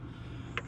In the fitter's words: fueling on it just like that and you hear the click